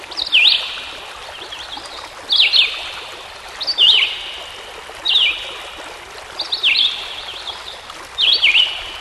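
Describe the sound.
Songbird singing a steady series of brief twittering whistled phrases, about six in nine seconds, each dipping then rising, over soft rushing water noise.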